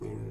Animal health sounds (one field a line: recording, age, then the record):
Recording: pig call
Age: weaner (32 to 43 days)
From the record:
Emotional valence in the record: positive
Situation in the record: positive conditioning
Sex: female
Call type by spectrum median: low-frequency call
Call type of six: low-frequency stable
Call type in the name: low-frequency stable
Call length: 0.30 s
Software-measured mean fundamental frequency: 53 Hz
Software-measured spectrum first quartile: 112 Hz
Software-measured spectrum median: 233 Hz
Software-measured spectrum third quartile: 407 Hz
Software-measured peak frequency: 360 Hz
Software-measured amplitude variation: 117 dB a second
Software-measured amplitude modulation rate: 41.0 a second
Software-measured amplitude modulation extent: 2.8 dB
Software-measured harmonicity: -1.5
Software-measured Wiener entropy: -0.04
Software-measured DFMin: 984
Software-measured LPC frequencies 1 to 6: 355, 2246, 3331, 4399, 5308, 6541 Hz